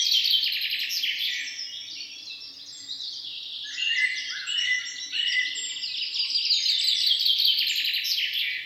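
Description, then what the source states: Many birds chirping at once, high rapid trills and sharp notes layered densely, growing fuller after the midpoint. Morning bird song.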